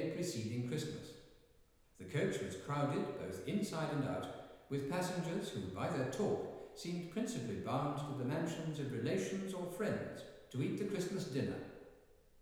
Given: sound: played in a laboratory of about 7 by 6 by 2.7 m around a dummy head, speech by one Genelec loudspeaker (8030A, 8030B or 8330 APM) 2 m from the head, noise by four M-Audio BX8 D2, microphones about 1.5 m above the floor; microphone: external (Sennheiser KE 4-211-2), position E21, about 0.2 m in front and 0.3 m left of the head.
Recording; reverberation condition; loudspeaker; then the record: male speech in English; high; 30 degrees to the right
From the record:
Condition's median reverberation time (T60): about 1300 ms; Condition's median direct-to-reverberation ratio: about -4.0 dB